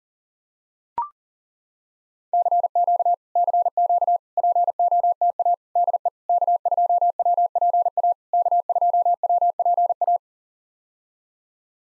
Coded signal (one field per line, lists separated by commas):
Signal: Morse code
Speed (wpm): 40 wpm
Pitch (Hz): 700 Hz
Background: none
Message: CQ CQ POTA DE K2WPA K2WPA